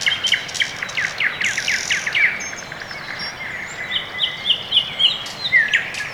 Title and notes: район Орехово-Борисово Северное, Москва, Россия - Morning birds. Quiet early morning